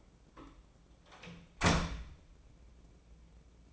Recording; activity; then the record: daily activity, microphone in the room; close door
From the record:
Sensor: 1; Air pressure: 1012.4 hPa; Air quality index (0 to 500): 165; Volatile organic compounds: 3 ppm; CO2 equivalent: 1356 ppm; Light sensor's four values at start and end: 723/1666/747/895 and 733/1688/757/907